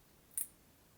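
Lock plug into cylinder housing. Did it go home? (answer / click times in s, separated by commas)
yes / 0.4 s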